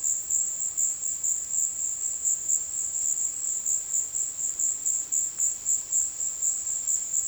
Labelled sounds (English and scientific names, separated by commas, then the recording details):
none
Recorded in secondary vegetation near Puerto Asís, Putumayo, Colombia, on 19 February 2024 at 15:30
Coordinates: 0.472, -76.331
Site G6371